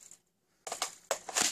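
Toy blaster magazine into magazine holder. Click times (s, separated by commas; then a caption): 0.7 s, 1.1 s. Plastic toy blaster magazines for a Dart Zone Pro MK-2.1 are pushed into a plastic magazine holder. After faint handling rustles and a short quiet stretch, sharp plastic clicks ring out at 0.7 s and 1.1 s, each followed by brief rattling. Both magazines click firmly into place and sit seated in the holder.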